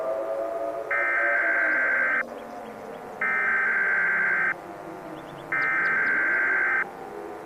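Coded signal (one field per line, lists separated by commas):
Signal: Emergency Alert System (SAME) tones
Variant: header bursts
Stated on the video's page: Fictional SAME tones from an EAS scenario.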